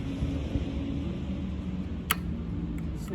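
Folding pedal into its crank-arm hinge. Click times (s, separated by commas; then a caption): 2.1 s. A folding pedal on a TPOWER fat-tyre folding e-bike is folded, then snaps back into its locked position in the crank-arm hinge. Over a steady low rumble, a single sharp snap at 2.1 s marks the pedal seating, followed by a faint tick near 2.8 s.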